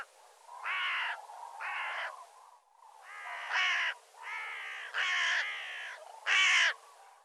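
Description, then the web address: Bird cawing repeatedly, several harsh, grating calls in an uneven series over a soft hiss. "cianscape birddata"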